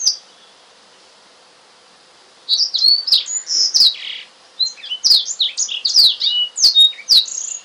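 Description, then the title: Oriental magpie-robin song: after a brief opening note and about two seconds of quiet, a rapid run of varied high whistles and slurred notes begins, broken by sharp clicking ticks. "Kicau Kacer"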